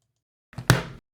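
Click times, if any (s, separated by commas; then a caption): 0.7 s. The rotating bezel insert of a Seiko 6139-6005 Pogue wristwatch is pressed down onto the watch case in a crystal press, with plastic padding on both sides. After faint contact sounds from about 0.5 s, a sharp, loud click at 0.7 s rings briefly as the bezel snaps home and seats.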